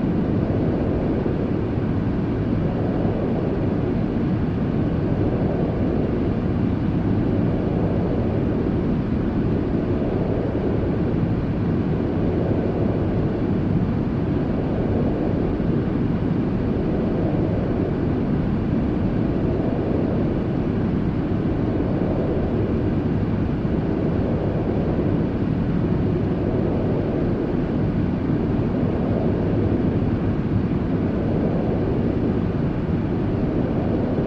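Steady white noise, thick and weighted toward a deep rumble, with little brightness up top. A soft, regular whooshing swell rises and falls about every two to three seconds, like a slow engine drone, while the overall loudness stays constant throughout.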